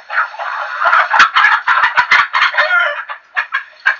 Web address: Chicken Chickens